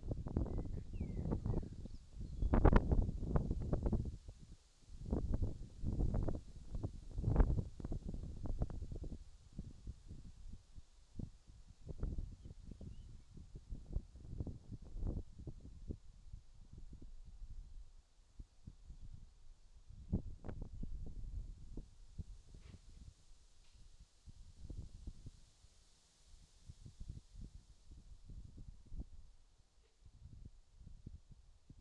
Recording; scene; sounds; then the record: everyday scene through a hearing-aid microphone; wind on the microphone; wind, whistling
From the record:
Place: in front of a rural house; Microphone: in the ear canal, left